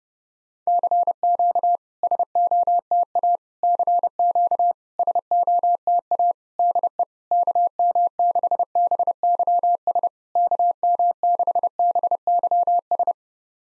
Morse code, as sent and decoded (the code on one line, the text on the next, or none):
-.-. --.- / ... --- - .- / -.-. --.- / ... --- - .- / -.. . / -.- -- -.... -... -.-- ... / -.- -- -.... -... -.-- ...
CQ SOTA CQ SOTA DE KM6BYS KM6BYS